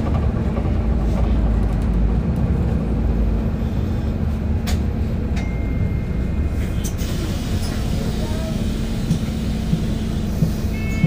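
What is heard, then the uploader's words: Riding a city bus, a steady low engine rumble and road noise fill the whole stretch with little change. A constant low hum runs underneath, while faint voices and a few brief clicks and rattles surface around the middle and later on. Al Nadha to Deira city centre Dubai travel experience. Using 22 bus I'm traveling to Deira city centre bus station.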